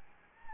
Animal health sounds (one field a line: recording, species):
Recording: mosquito wingbeat signal from an infrared sensor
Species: Anopheles gambiae